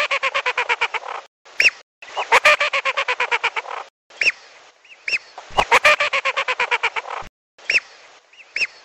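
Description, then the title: Lesser whistling duck whistles: fast, evenly spaced runs of piping notes alternating with lone curved whistles, repeated in bouts roughly every few seconds. "Belibis Batu"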